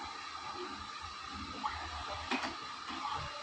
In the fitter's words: ये लॉक हो गया और पासवर्ड एक्सेस करेंगे